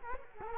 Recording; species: mosquito wingbeat signal from an infrared sensor; Culex quinquefasciatus